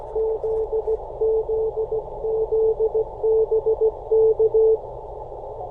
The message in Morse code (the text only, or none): ZZZ BK